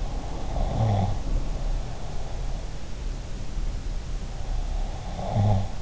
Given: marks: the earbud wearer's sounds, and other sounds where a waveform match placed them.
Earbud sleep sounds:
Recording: sounds in sleep by an in-ear microphone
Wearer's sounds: snoring breath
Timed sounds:
0.17-2.52 s: snoring breath
4.78-5.82 s: snoring breath

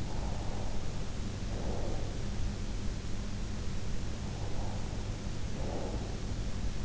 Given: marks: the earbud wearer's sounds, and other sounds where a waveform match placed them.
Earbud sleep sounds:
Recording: sounds in sleep by an in-ear microphone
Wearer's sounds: breath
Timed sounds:
0.00-2.38 s: breath
4.18-6.63 s: breath

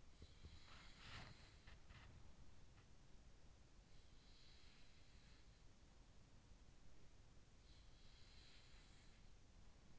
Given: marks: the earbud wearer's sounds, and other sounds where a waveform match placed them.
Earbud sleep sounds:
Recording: sounds in sleep by an in-ear microphone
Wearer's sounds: body movement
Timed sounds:
0.00-2.71 s: body movement
4.27-7.24 s: sound from someone else or the room
8.28-9.99 s: sound from someone else or the room

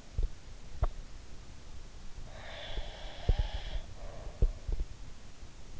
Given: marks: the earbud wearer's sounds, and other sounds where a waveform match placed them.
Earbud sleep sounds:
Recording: sounds in sleep by an in-ear microphone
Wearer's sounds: teeth grinding, breath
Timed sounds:
0.00-0.61 s: sound from someone else or the room
0.61-1.05 s: teeth grinding
2.15-4.82 s: breath
2.73-4.93 s: sound from someone else or the room

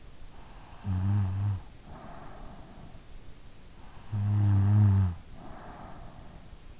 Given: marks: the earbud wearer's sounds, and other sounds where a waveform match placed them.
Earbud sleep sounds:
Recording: sounds in sleep by an in-ear microphone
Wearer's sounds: snoring breath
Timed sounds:
0.48-2.86 s: snoring breath
3.95-6.45 s: snoring breath

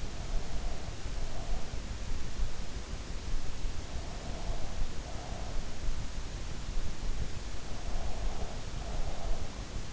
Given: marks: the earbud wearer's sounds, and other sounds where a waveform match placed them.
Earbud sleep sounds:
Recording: sounds in sleep by an in-ear microphone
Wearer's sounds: breath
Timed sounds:
0.00-1.80 s: breath
4.05-5.82 s: breath
7.68-9.41 s: breath

